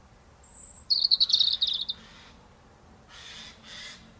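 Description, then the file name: European robin song: a thin high whistle followed by a rapid, sparkling twitter, then two fainter harsh bursts. "Erithacus rubecula"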